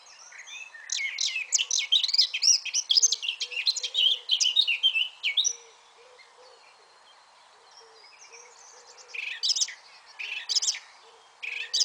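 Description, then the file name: Eurasian blackcap giving one sustained, rich warbling phrase lasting about five seconds, then a pause broken by a few brief, sharp bursts. "Sylvia atricapilla"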